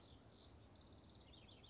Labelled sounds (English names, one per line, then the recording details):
House Wren
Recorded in Sonoma County, California